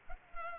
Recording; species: mosquito wingbeat signal from an infrared sensor; Culex pipiens